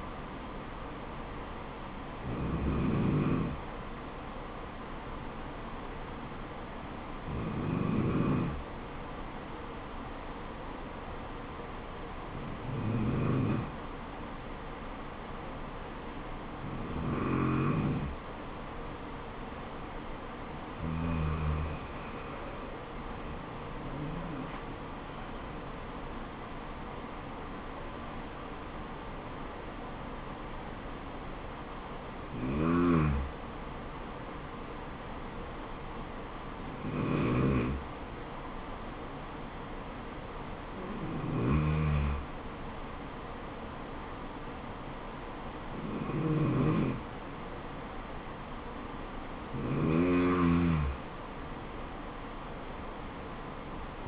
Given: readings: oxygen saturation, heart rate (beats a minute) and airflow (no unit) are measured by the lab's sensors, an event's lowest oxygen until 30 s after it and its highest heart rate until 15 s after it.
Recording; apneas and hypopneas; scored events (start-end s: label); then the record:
breathing in sleep by a voice recorder at the bedside; none
none scored
From the record:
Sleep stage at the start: N2 (light sleep); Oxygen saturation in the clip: 91 to 95%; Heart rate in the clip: 63 to 76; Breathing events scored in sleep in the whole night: 426 in 7.4 hours asleep